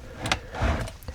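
Pressing the front of a drawer again releases the push-open latch on its slide rail in a DIY storage build inside a used budget Hijet Cargo / Pixis Van kei camper, with a sharp latch click at 0.3 s just after a softer knock. A low sliding rumble follows as the slide moves out, ending in two faint ticks near 1.0 and 1.1 s. The latch releases and the slide runs smoothly and very lightly.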